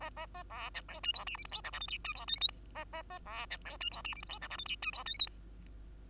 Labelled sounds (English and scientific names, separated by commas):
Bengalese Finch (Lonchura striata domestica) song